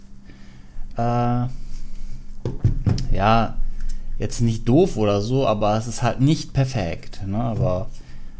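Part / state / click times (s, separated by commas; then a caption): battery pack into cordless drill handle / not seated / none. A plastic battery pack for a Wakyme cordless drill is handled near the drill's handle, with a brief sharp sound at 2.4 s while someone talks throughout. Nothing has seated or clicked yet; the pack is not yet home in the handle.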